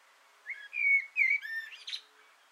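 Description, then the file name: Common blackbird song: a mellow fluted phrase, sliding and warbling, ending in a brief high squeaky twitter; otherwise quiet. Singing from an antenna, recorded 6 June 2025. "Koltrast på antennen 2025 06 06"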